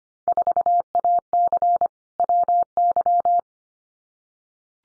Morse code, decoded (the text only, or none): 4AC WY